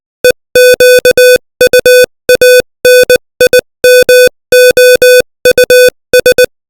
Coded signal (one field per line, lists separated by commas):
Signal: Morse code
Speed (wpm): 20 wpm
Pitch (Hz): 500 Hz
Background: music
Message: EQUANIMOUS